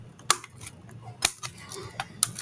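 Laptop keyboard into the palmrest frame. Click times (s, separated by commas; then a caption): 0.3 s, 2.2 s. A Dell 3120 laptop keyboard, inserted into its bottom slot in the palmrest frame, is pushed down along its edge until its plastic tabs click in. Sharp clicks land at 0.3 s and 2.2 s, with softer taps and rubbing between them. The keyboard is seated in the palmrest.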